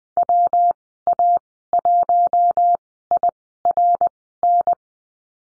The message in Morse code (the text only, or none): WA1IRN